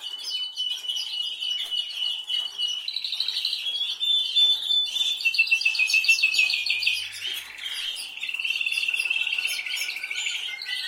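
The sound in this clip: Canary song: continuous fast trills and twitters, shifting between rolling and rattling phrases, with a short pause before the trilling resumes strongly.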